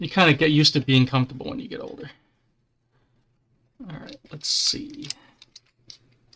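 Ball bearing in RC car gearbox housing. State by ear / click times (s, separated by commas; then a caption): not seated / none. Someone talks, then tries to close the plastic gearbox half over a ball bearing on a TT-02 clone RC car chassis. Light ticks from the parts knocking together come at about 5.4, 5.6, 5.9 and 6.3 seconds. The housing will not close because the bearing is not seated, and nothing has seated or clicked home yet.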